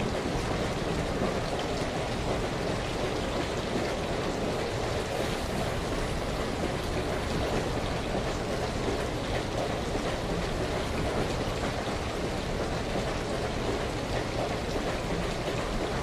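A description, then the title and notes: Steady rain fills the scene, a dense, even patter with a bright hiss across the top and no clear pauses. Beneath it runs a low, continuous rumble, like a train moving at a constant pace, unchanging in loudness for the whole stretch. Train with Rain and Lite Rumble - Scotland, UK.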